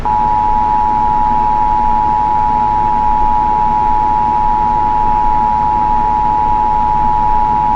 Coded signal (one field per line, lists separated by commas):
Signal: Emergency Alert System (SAME) tones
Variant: 853 and 960 Hz attention tone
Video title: 4 Severe Thunderstorm Warnings || 9-6-24 (EAS #3,061-3,064)